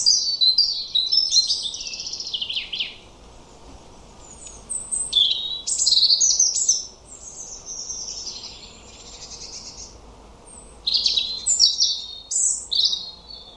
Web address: cianscape birddata Deverinetal 2025 Bird Only Er Ru